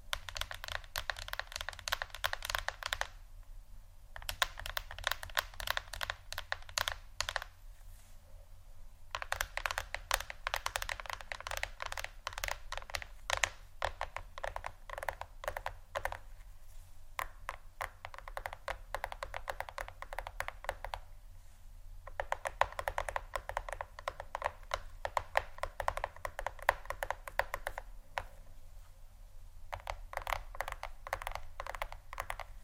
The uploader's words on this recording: ASMR Phonetablet Tapping（No Talking）.